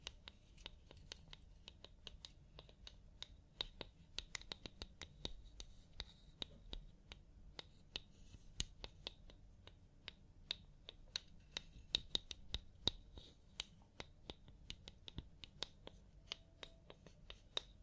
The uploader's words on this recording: ASMR Sleep Clinic Personal Attention Scalp Massage, Hair Wash (No Talking).